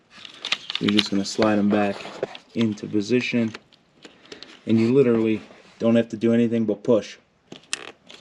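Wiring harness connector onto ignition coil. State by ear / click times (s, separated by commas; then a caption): seated / 7.7 s. An engine wiring harness connector (plastic, likely on an ignition coil) on a 2007-2008 Honda Fit 1.5L is pushed back onto its socket after a spark plug change. Someone talks through most of the clip, with small handling clicks and scrapes in between. A single sharp, loud click at 7.7 s shows the connector is fully seated.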